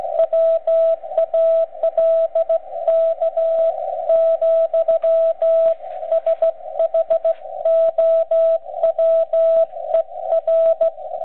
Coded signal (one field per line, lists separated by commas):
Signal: Morse code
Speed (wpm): 16 wpm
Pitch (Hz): 660 Hz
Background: radio noise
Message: WALK , SHOWER